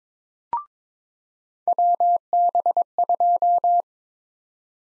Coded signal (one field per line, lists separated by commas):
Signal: Morse code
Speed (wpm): 22 wpm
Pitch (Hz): 700 Hz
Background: none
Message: WB2